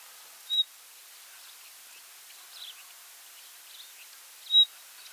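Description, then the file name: Common nightingale calls: two short, clear whistled notes about four seconds apart, with fainter soft chirps between them over quiet background hiss. "Luscinia megarhynchos"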